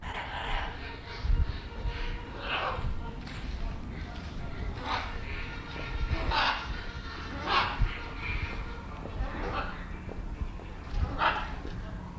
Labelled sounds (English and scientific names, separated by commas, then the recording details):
Red-fronted Macaw (Ara rubrogenys) call
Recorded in captivity
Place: Tierpark Berlin, Berlin, DE
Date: 1992-10-31 11:53
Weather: sonnig bis heiter, -2 bis 3°C
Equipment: Marantz CP 430, Sennheiser ME 80, Kopie Tesla B 116
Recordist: Tembrock, Günter